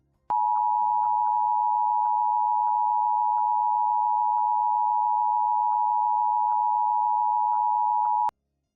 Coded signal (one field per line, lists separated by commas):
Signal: Emergency Alert System (SAME) tones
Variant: 853 and 960 Hz attention tone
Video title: Required Weekly Test! (EAS #150) 02/12/2025 WXL51